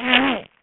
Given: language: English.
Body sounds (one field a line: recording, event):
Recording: throat vibration sensor signal played as sound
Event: throat clearing